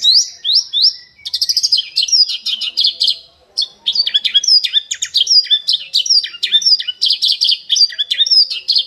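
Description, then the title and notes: Bird song, lively and varied: high sweeping whistles, chirps and rapid trills, broken by a couple of short pauses. Bird song for training (mastering) pet birds. "Suara Burung. Suara Kicauan Burung untuk memaster burung kesayangan"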